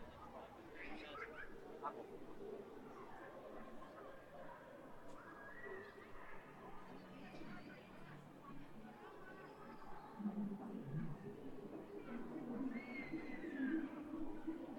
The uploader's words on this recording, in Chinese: 重庆洪崖洞。